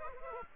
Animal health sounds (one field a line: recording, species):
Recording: mosquito wingbeat signal from an infrared sensor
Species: Aedes aegypti